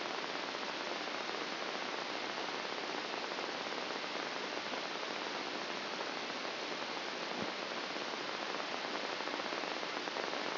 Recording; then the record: brain microelectrode recording played as sound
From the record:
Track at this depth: inside the subthalamic nucleus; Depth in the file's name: 1.427 mm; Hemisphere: left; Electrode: 2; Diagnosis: Parkinson's disease